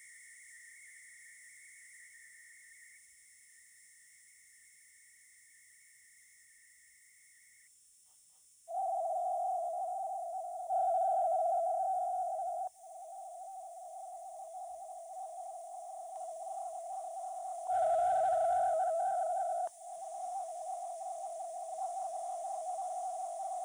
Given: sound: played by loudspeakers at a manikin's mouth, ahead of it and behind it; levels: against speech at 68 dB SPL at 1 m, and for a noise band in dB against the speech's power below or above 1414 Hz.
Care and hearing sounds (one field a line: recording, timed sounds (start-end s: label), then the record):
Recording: test signals for a remote microphone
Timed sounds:
0.00-2.97 s: noise band at 2000 Hz, -5 dB
2.97-7.67 s: noise band at 2000 Hz, -10 dB
8.67-10.67 s: noise band at 707 Hz, -13 dB
10.67-12.67 s: noise band at 707 Hz, +22 dB
12.67-17.67 s: noise band at 707 Hz, -13 dB
17.67-19.67 s: noise band at 707 Hz, +22 dB
19.67-23.65 s: noise band at 707 Hz, -13 dB
From the record:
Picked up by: remote microphone B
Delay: 24 ms